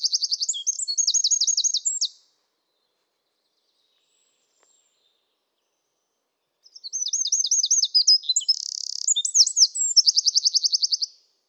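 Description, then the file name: Eurasian wren delivering two loud, high song bursts of rapid trills and twisting notes, separated by several seconds of silence. "Troglodytes troglodytes"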